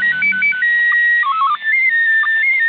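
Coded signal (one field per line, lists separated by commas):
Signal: SSTV (slow-scan television)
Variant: PD 90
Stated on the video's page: Heroes' Day SSTV transmission received at grid OI52eg.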